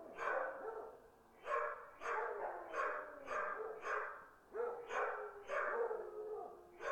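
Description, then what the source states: Dogs barking, evenly spaced barks roughly every half second to second, steady and unbroken throughout. Distant dogs barking.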